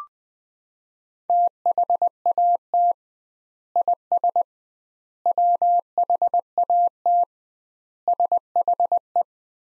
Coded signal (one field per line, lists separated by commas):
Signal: Morse code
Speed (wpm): 21 wpm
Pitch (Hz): 700 Hz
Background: none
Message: THAT IS WHAT SHE